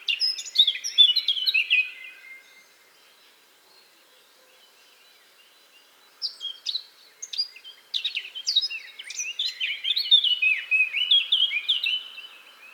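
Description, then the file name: Eurasian blackcap singing a quick chattering warble, then a quiet gap of several seconds before a longer run of varied notes. "Sylvia atricapilla"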